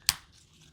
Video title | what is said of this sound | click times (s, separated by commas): Safe Life Tactical Belt- How Inner and Outer Belts Work | and then this system locks in | 0.1 s